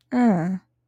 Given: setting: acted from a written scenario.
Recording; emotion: vocal sound without words; neutral